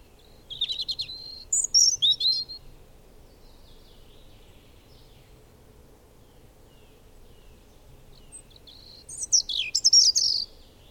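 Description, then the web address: Bird song in two short bursts several seconds apart, each a rapid jumble of high twittering and buzzy notes, with quiet background hiss between. "madarak enek"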